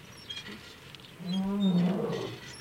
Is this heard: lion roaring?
yes